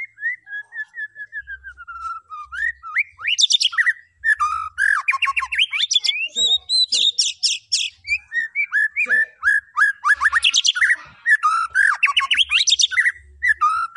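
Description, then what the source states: White-rumped shama delivering a long continuous song: descending whistles, then a dense stream of rapid trills, chips and sweeping notes throughout. Lure recording used to make the bird respond.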